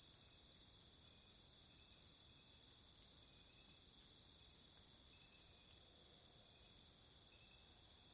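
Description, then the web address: Crickets in a steady high-pitched chorus of continuous ringing trills. "Nature Songs Nature Sounds Sounds of Nature Collection Crickets"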